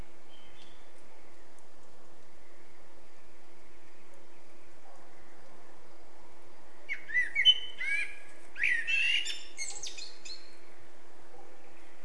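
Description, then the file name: Eurasian blackbird delivering one song phrase after a long silence: fluty whistles leading into scratchy high twitters, with a faint steady hum throughout. "Turdus merula"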